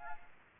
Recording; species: mosquito wingbeat signal from an infrared sensor; Aedes aegypti